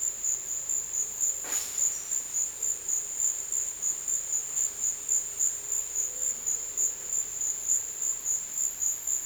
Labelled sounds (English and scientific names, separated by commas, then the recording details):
none
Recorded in dense forest near Puerto Asís, Putumayo, Colombia, on 23 June 2025 at 15:30
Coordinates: 0.484, -76.325
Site H65